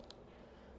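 A dust cap is pulled off the air fill fitting on the underside of an FX Impact air rifle, giving one short, sharp hit at 0.1 s as it comes free. The cap is released, and the rest of the clip is only a low, steady background.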